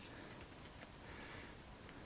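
A plastic wing piece for a 2020 Marvel Legends Vulture 6-inch action figure is handled against the figure's back peg and socket, making quiet rustling plastic noises with a faint tick near 1.9 s. Nothing has seated or clicked yet; this wing piece snaps in only lightly and falls off easily.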